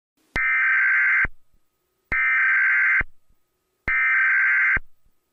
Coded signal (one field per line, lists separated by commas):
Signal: Emergency Alert System (SAME) tones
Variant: header bursts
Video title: The Kinito And Stickman Show: A EAS Scenario Part 1